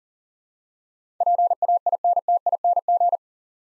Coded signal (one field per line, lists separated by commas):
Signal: Morse code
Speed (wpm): 40 wpm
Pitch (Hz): 700 Hz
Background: none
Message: PAINTING